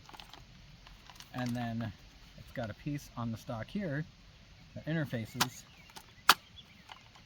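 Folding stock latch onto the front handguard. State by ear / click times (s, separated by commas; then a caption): seated / 6.3 s. Someone talks while the folding stock of a Sig Sauer Sig556 Classic rifle is folded so a piece on the stock interfaces with the front handguard. The stock latches onto the handguard with a single sharp, loud click at 6.3 s, seating it in place.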